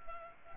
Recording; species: mosquito wingbeat signal from an infrared sensor; Culex pipiens